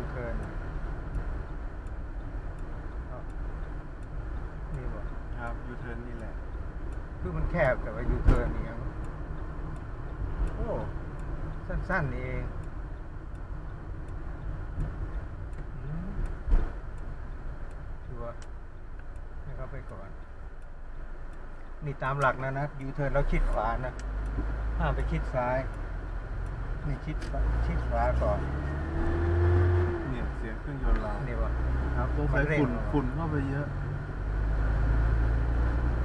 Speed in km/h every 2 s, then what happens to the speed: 54, 53, 49, 47, 46, 43, 41, 36, 28, 19, 10, 9, 8, 11, 14, 22, 27, 34.
0-23 slows to 8. 23-36 speeds up to 34.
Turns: 21-23.